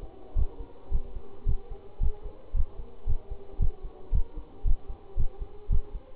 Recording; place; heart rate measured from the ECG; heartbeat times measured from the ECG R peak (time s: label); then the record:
heart sounds by stethoscope; between the tricuspid and mitral areas; 112 bpm
0.37 s: heartbeat
0.92 s: heartbeat
1.47 s: heartbeat
2.01 s: heartbeat
2.55 s: heartbeat
3.08 s: heartbeat
3.61 s: heartbeat
4.13 s: heartbeat
4.66 s: heartbeat
5.18 s: heartbeat
5.71 s: heartbeat
From the record:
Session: Bruce protocol treadmill stress test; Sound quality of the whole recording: good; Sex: male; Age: 25 years